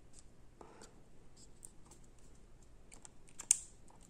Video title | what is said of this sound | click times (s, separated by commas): Découverte -Déballage de la caméra Akaso Brave 7 LE avant le Test | on entend le petit cliquetis donc c'est bien c'est | 3.5 s